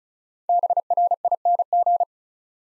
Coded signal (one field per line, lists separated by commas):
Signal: Morse code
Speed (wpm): 36 wpm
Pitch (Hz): 700 Hz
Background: none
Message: BRING